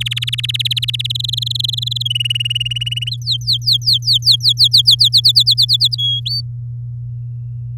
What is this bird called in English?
Domestic Canary